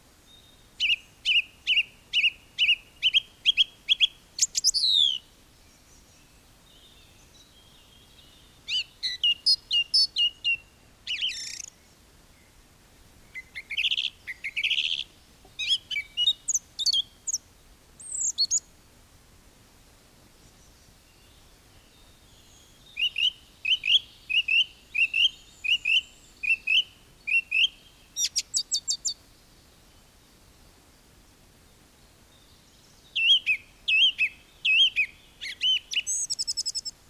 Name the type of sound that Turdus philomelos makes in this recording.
song